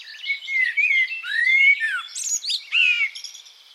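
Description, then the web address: Bird song of varied whistled and chirping notes, with sliding phrases that rise and fall in quick succession, sung almost without pause. "Deverinetal. Bird Only"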